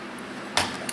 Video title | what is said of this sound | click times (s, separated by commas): RC Russian Alfa class submarine overview and maiden voyage | like this and if you listen you'll hear it click into place | 0.6 s, 0.9 s